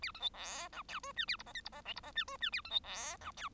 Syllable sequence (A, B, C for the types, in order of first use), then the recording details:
A B C D E F G H A I J K I J L I J H G H A B C D E F. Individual Bird1